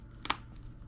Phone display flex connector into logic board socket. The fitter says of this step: normalement si c'est bien fait ça devrait se clipser parfaitement